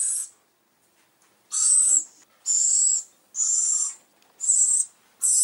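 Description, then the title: Bird producing a run of harsh, breathy screeches, each half a second long, following one another at about one-second intervals. "LuckyKumpulan SuaraBurung"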